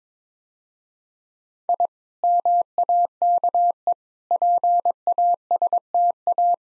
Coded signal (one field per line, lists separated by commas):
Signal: Morse code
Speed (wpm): 22 wpm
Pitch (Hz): 700 Hz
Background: none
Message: I MAKE PASTA